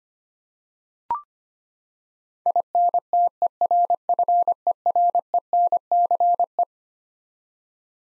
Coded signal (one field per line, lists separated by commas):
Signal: Morse code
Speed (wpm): 25 wpm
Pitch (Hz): 700 Hz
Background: none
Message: INTERFERENCE